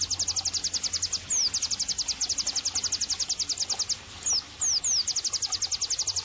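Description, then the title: White-eye singing a rapid run of high, evenly spaced chirps, interrupted now and then by sharp descending whistles over a faint low hum. Vigorous 'gacor' white-eye singing, used as masteran bird-training audio. "Pleci Gacor 05. terapi pleci dextro 87 plus masteran kenari sahduOmAcuz Dextro87 channel"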